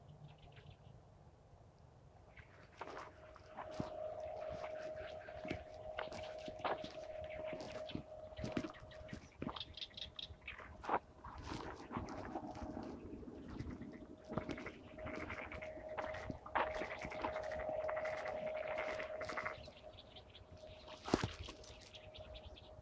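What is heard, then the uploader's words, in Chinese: Birdsong of several species along a riverbank, with a steady whistled tone holding through most of the clip. Sharp chirps and clicks break in repeatedly, busiest between about 3 and 20 seconds, over a low rumbling background with a louder snap near 21 seconds. 沙河北岸鸟鸣记录。在沙河观鸟三小时，记录下多种鸟类的叫声和自然的声音，当然还有人声。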